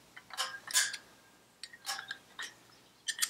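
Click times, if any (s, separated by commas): none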